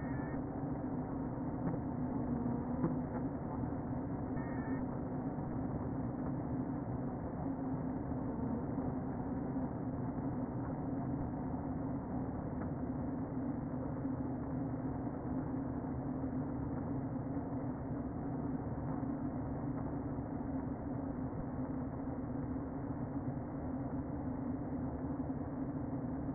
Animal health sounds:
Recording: honeybee colony, microphone inside the hive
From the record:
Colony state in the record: queen present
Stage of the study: before two queens were removed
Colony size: about 60,000 bees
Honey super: yes

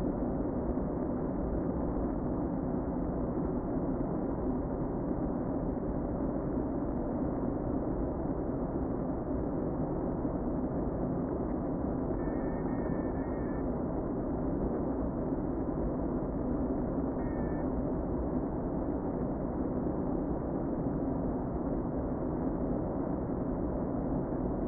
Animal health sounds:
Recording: honeybee colony, microphone inside the hive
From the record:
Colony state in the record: queen present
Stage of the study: before two queens were removed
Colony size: about 60,000 bees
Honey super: yes

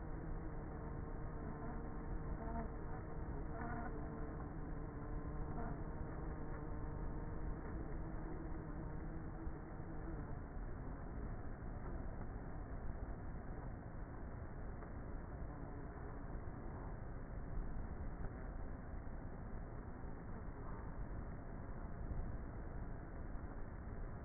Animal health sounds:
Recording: honeybee colony, microphone inside the hive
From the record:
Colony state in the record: queenless with a low population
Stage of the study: before two queens were removed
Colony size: about 30,000 bees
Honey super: no

